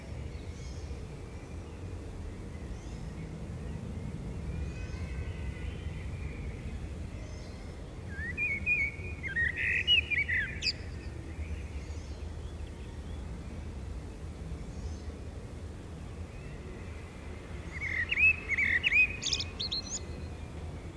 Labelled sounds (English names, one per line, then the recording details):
Common Blackbird song
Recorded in the wild
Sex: male
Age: adult
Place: Bielefeld-Mitte, Nordrhein-Westfalen, DE
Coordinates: 52.0072, 8.54889
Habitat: residential district
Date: 1968
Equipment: Uher 4000 Report-S, Bändchenmikro Beyer M 260, Parabolspiegel Polyester (470 mm)
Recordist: Conrads, Klaus